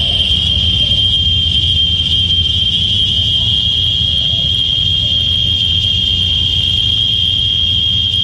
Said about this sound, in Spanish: Un montón de chicharritas botadas y no salieron a alegrarnos la Semana Santa en la cantidad adecuada. Digo, la que nos tienen acostumbrada. Pero para que no se pongan tristes, aquí les traje a mi ejército de chicharras.